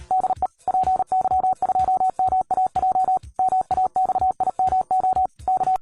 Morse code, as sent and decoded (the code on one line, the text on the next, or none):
-.. . / .--. -.-- ..--- -- .- .--- / -- .- -..- .. -- --- / -.-
DE PY2MAJ MAXIMO K